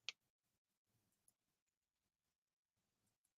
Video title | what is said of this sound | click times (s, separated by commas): How-To Solder For Beginners - Ham Nuggets Season 5 Episode 23 S05E23 | Pop. There we go. You heard it snap, I think. | 0.1 s